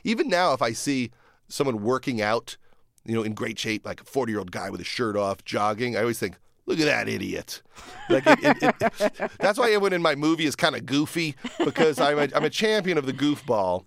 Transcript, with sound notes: Even now, if I see someone working out, you know, in great shape - like, a 40-year-old guy with his shirt off, jogging - I always think, look at that idiot.
(Laughter).
That's why everyone in my movie is kind of goofy - because I'm a champion of the goofball.